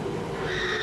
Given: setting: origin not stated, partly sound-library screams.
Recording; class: one-second piece from a danger detection set; woman in danger